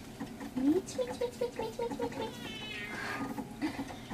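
A black-and-white cat meows in a rising, slightly strained tone, followed by a series of short, repeated mews and a final brief meow, heard alone without talking.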